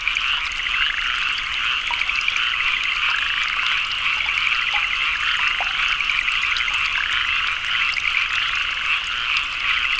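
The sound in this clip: Dense frog chorus with continuous high trilling croaks.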